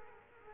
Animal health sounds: mosquito wingbeat signal from an infrared sensor; Culex quinquefasciatus

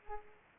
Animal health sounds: mosquito wingbeat signal from an infrared sensor; Culex pipiens

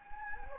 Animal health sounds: mosquito wingbeat signal from an infrared sensor; Anopheles gambiae

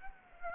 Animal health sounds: mosquito wingbeat signal from an infrared sensor; Aedes aegypti

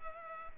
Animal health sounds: mosquito wingbeat signal from an infrared sensor; Culex pipiens

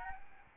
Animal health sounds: mosquito wingbeat signal from an infrared sensor; Aedes albopictus

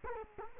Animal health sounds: mosquito wingbeat signal from an infrared sensor; Culex quinquefasciatus

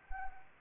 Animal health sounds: mosquito wingbeat signal from an infrared sensor; Anopheles arabiensis

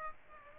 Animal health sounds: mosquito wingbeat signal from an infrared sensor; Aedes aegypti

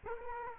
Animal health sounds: mosquito wingbeat signal from an infrared sensor; Culex quinquefasciatus

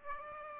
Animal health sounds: mosquito wingbeat signal from an infrared sensor; Aedes aegypti

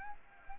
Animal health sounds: mosquito wingbeat signal from an infrared sensor; Aedes aegypti

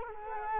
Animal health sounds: mosquito wingbeat signal from an infrared sensor; Culex quinquefasciatus

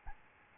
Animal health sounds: mosquito wingbeat signal from an infrared sensor; Aedes albopictus

